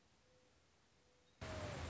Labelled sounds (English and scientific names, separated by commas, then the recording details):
Mourning Dove (Zenaida macroura)
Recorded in Sonoma County, California